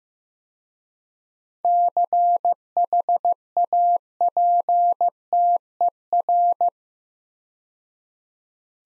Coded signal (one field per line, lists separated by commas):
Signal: Morse code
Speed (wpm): 15 wpm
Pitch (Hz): 700 Hz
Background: none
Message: CHAPTER